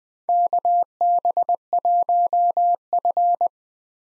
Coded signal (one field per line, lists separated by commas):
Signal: Morse code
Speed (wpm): 20 wpm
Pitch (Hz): 700 Hz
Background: none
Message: KB1F